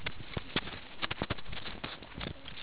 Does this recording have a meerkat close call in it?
no